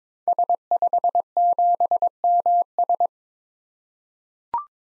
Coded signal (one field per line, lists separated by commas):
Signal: Morse code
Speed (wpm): 22 wpm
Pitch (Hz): 700 Hz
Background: none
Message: S57MS